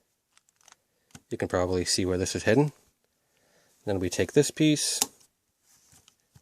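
A robot limb piece of a Dynamite Action No. 13 Rokushingattai Godmars combining robot toy is handled near the figure's body while someone talks, with faint small clicks and taps before and after the speech. The magnetic piece has not snapped into place yet; nothing has seated or clicked.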